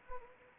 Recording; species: mosquito wingbeat signal from an infrared sensor; Anopheles arabiensis